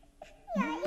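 A brief whimpering cry from someone in the bushes, a high, wavering voiced tone that swells and bends in pitch over about half a second, growing louder toward the end.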